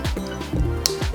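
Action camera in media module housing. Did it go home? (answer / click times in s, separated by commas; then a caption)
yes / 0.9 s. After a GoPro 8 action camera is slid into its plastic media module frame, the frame latch is snapped shut over a steady tonal background. A single sharp click sounds at 0.9 s, and the camera is seated fully locked in the housing.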